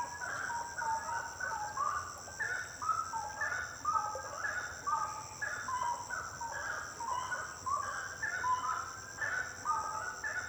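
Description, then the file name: Birds singing a busy chorus of many short, overlapping notes over a continuous shrill background drone. Birds singing at night; intense song. "Passaros cantando a noite canto intenso"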